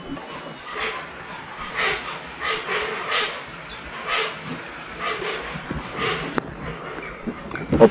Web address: sound Hoatzin